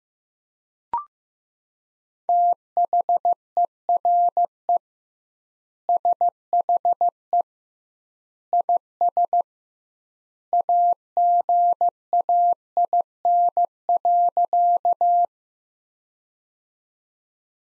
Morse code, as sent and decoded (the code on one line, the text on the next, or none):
- .... . .-. . / ... .... . / .. ... / .- --. .- .. -. .-.-.-
THERE SHE IS AGAIN.